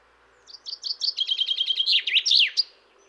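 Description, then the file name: Common chaffinch song: a rapid series of sweet notes dropping in pitch into a bright trill, closing with a sharp flourish, lasting about two seconds. "Fringilla coelebs"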